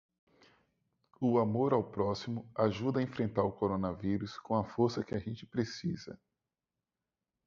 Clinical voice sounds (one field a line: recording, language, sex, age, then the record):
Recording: spoken sentence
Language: Brazilian Portuguese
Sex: male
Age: 30 to 39 years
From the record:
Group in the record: control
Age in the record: 38 years